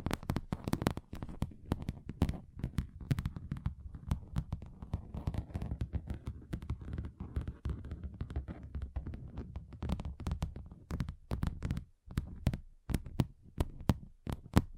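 Fingers tap on a table in quick, irregular bursts, each knock dull and low with a sharp click on top. The tapping runs dense through most of the clip, thins slightly in the middle, then turns sparser and more spaced after about ten seconds.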